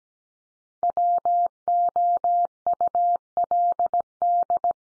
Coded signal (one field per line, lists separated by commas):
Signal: Morse code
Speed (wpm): 17 wpm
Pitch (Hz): 700 Hz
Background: none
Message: WOULD